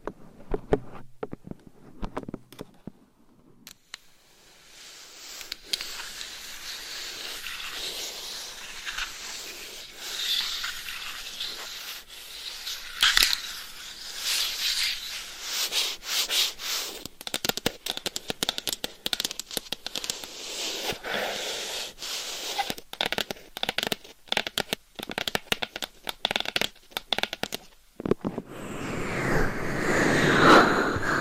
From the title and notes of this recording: ASMR Mic Scratching , Tapping & Massage with 15 DIFFERENT MICS Covers & Nails No Talking.